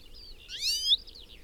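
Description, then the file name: European goldfinch twittering call: a short burst of bright, liquid high notes with upward sweeps, over faint background twittering. "Carduelis carduelis"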